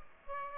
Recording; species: mosquito wingbeat signal from an infrared sensor; Aedes aegypti